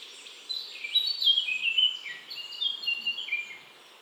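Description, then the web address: Bird chirping: a busy, high jumble of twittering and warbling notes from more than one bird over a steady hiss. Pleasant bird chirping. "nice chirping of birds"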